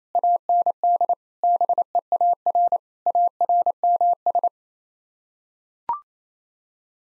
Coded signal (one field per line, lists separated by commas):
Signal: Morse code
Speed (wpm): 28 wpm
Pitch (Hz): 700 Hz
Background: none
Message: AND BEAR ARMS